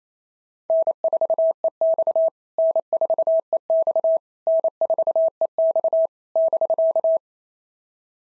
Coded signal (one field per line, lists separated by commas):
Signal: Morse code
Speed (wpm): 27 wpm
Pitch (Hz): 650 Hz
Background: none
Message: N4EX N4EX N4EX <BK>